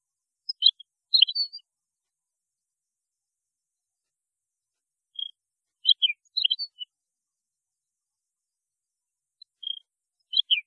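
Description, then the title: European goldfinch song, three short bursts of tinkling twittered notes spaced by several seconds of quiet. "Chant Chardonneret"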